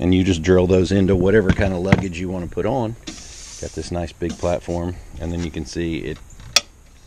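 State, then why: Seated. Someone talks while a luggage mounting plate is pushed onto the puck-style mounts on the rear rack platform of a 2016 KLR 650 motorcycle. A single sharp click at 6.6 s marks the mount locking into place on the platform.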